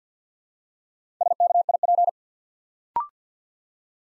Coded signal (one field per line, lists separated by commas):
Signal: Morse code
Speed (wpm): 48 wpm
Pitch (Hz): 700 Hz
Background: none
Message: SKIP